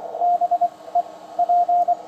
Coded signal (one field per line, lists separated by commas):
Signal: Morse code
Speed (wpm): 24 wpm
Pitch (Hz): 700 Hz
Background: radio noise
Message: B E P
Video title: I2NKR TKS QSO 50W DIPOLE